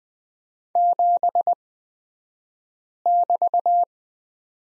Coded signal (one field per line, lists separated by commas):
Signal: Morse code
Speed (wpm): 20 wpm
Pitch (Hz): 700 Hz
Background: none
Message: 7<BT>